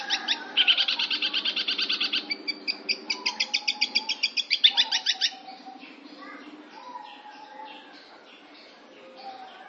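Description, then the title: Long-tailed shrike gives a dense run of rapid repeated high notes for about five seconds, then only faint scattered notes. "Cendet Pentet"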